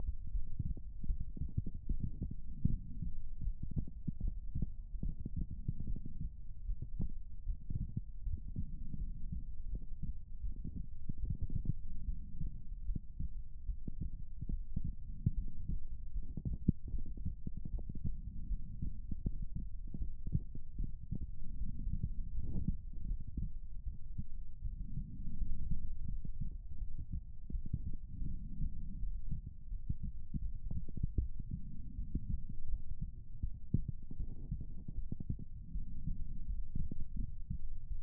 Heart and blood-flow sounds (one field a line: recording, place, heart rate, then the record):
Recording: heart sounds by stethoscope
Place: pulmonary valve (PV)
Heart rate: 81 bpm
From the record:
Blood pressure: 100/68 mmHg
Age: 29 years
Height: 159 cm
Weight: 50 kg